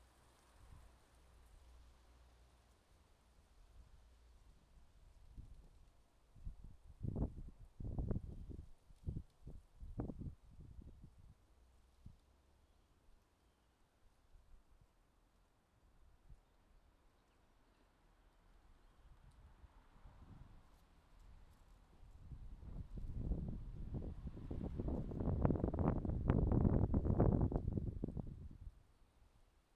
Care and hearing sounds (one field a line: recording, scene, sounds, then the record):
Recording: everyday scene through a hearing-aid microphone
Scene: wind on the microphone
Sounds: wind, traffic, birds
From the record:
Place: suburban garden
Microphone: in the ear canal, left